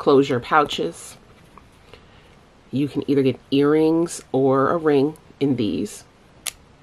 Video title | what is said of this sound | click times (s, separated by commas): BLACK FRIDAY CYBER MONDAY BEAUTY SALES feat. ANA LUISA | you hear that snap | 6.5 s